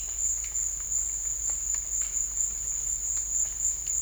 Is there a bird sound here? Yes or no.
no